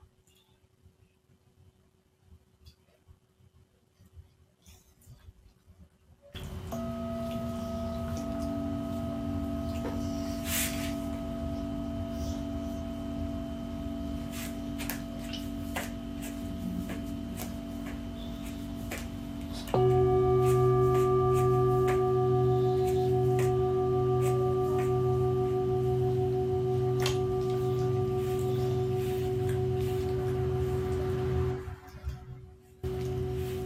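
Singing bowl tones for sound healing: after about six seconds of near silence a steady hum begins, holding several sustained pitches with faint taps scattered through. Near twenty seconds a louder, deeper bowl joins, and the blended ringing continues evenly before fading near the end.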